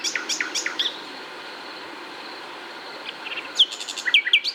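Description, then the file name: Common nightingale giving scattered rattling notes, a pause, then sharp repeated whistled notes and buzzy chirps, against a faint constant background hiss. "Luscinia megarhynchos"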